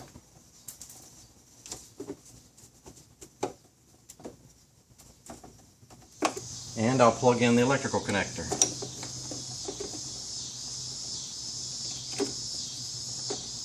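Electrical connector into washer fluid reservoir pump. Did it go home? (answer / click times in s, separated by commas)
no / none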